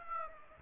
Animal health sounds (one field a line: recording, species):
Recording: mosquito wingbeat signal from an infrared sensor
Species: Aedes aegypti